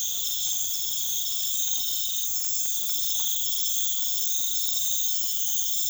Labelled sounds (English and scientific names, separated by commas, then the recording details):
none
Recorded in pastures near Puerto Asís, Putumayo, Colombia, on 4 March 2025 at 01:00
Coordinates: 0.487, -76.322
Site G077